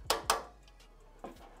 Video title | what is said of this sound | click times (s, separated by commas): Building a Powerful PC Under $1000 | when these little pieces of metal sticking out snap in place | 0.1 s, 0.3 s